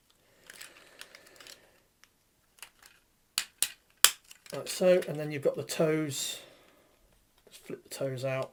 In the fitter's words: fall back and click into place. Like so.